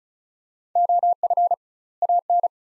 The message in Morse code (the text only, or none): OF AN